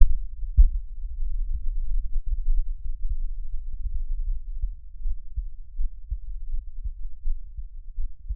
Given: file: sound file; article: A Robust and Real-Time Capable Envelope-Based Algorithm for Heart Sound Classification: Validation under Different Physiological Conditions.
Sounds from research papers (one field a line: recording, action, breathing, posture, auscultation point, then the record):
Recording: heart sounds by electronic stethoscope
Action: rest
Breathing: normal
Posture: lying on stomach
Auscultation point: Erb’s point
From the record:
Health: healthy, no known heart disease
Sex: male